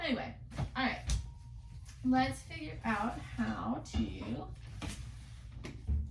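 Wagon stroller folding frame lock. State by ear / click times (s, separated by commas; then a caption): partly seated / 4.8 s, 5.7 s. Someone talks while unfolding and flipping up the folding frame of a Gladly Family Anthem2 2-seater all-terrain wagon stroller, with clunks and a click heard at 4.8 s and 5.6 s. The frame latch is not fully locked yet; the frame has to go up higher before it truly locks.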